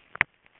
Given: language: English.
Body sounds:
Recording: throat vibration sensor signal played as sound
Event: swallow

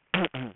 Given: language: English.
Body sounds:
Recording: throat vibration sensor signal played as sound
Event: throat clearing

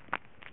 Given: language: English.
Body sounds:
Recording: throat vibration sensor signal played as sound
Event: swallow

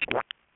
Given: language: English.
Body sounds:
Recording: throat vibration sensor signal played as sound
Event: swallow

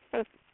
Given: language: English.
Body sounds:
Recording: throat vibration sensor signal played as sound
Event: speech

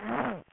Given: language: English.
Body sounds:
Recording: throat vibration sensor signal played as sound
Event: throat clearing

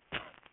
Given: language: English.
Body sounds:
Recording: throat vibration sensor signal played as sound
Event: cough

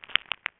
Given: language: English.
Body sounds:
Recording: throat vibration sensor signal played as sound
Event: swallow

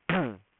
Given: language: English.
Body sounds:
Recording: throat vibration sensor signal played as sound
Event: throat clearing

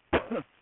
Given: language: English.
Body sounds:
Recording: throat vibration sensor signal played as sound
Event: cough

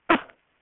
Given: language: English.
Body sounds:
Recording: throat vibration sensor signal played as sound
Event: cough

